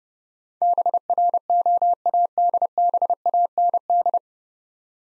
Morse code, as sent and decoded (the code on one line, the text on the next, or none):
-... .-. --- .- -.. -... .- -. -..
BROADBAND